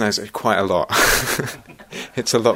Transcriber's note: laughs